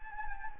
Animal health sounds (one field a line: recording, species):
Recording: mosquito wingbeat signal from an infrared sensor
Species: Anopheles gambiae